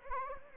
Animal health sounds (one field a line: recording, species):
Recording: mosquito wingbeat signal from an infrared sensor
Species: Anopheles gambiae